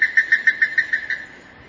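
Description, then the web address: Plumbeous ibis giving a quick series of about eight loud, clipped notes in an even rhythm, fading steadily in strength toward the end. "Plumbeous ibis. صدای-پرنده-اکراس-سربی"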